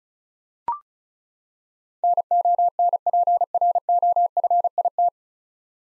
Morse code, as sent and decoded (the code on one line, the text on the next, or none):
-. --- -. .--. .-. --- ..-. .. -
NONPROFIT